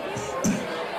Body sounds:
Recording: coughing mixed with background sound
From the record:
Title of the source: Spring Cold Coughing.

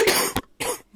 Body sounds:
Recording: coughing mixed with background sound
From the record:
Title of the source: 30 Chesty and wet cough

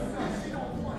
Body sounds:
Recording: background sound without coughing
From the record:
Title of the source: 60 minutes of coffee shop sounds for study and concentration

